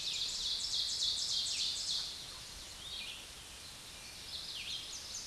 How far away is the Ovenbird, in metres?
about 40 m